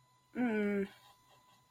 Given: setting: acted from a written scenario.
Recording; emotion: vocal sound without words; sympathy